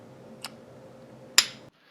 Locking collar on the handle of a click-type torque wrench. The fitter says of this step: you can see that thing snaps right into place it's inspect each and every time it does not slip out now